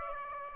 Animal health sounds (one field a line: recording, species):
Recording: mosquito wingbeat signal from an infrared sensor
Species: Aedes aegypti